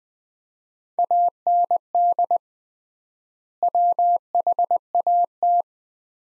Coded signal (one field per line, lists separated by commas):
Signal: Morse code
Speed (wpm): 21 wpm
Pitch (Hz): 700 Hz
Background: none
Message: AND WHAT